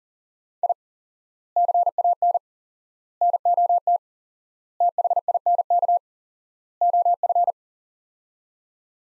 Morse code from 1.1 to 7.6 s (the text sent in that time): CAN NOT THINK OF